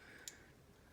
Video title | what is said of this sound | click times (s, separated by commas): Nabalis Vulp Pro: Assembly Guide for Zippy Balance Mods | kind of use your fingernail to pull it in and it should just snap right in | 0.3 s